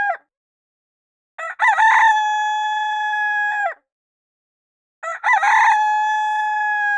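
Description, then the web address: Rooster crow, a stuttering start then a long sustained harmonic note, followed after a silent pause by a second crow that is cut off mid-call; no other sounds. "sons coq"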